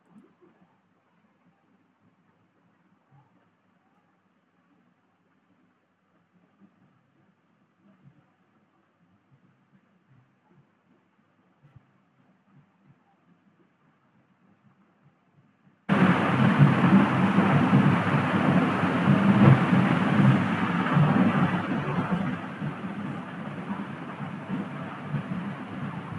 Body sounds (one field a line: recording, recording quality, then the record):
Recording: deep breathing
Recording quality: poor, much background noise or distortion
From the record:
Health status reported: healthy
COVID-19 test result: not tested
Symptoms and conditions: cough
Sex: male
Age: 23 years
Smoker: yes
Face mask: not worn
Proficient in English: yes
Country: India